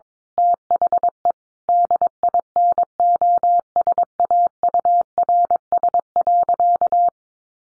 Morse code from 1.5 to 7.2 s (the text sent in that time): DINOSAURS.